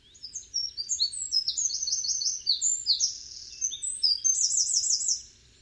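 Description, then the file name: Eurasian wren song: a loud, fast, high-pitched tumbling run of trills and sharp notes lasting about five seconds, ending in a rapid rattling trill. "Troglodytes troglodytes"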